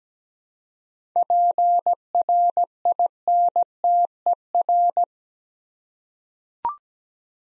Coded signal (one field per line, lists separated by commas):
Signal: Morse code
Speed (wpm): 17 wpm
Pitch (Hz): 700 Hz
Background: none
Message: PRINTER